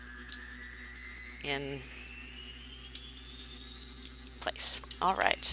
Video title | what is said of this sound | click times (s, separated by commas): Lego Carousel Build Part 1 (6/10/2018) | and that slides right on to this and snaps in place | 0.3 s